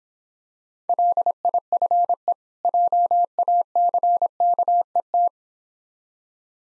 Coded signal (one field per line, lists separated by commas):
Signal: Morse code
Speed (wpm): 26 wpm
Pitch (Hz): 700 Hz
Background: none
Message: LIFE JACKET